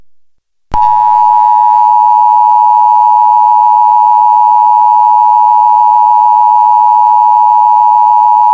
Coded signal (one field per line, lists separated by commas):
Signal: Emergency Alert System (SAME) tones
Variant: 853 and 960 Hz attention tone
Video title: eas alarm (brain rot)